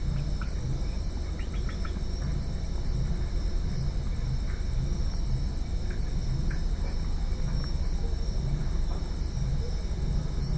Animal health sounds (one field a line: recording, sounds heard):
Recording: poultry house recording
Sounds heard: healthy chickens